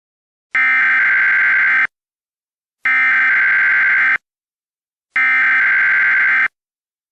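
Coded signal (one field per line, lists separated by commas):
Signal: Emergency Alert System (SAME) tones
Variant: header bursts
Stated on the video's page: Fictional EAS scenario.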